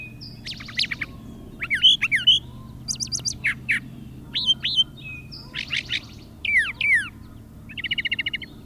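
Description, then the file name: Brown thrasher singing a varied string of phrases, sweeping whistles and buzzy notes, several given in doubled pairs, ending with a rapid ticking trill, over a steady low hum. Chirping song. "suara kicauan brown trasher. omkicau"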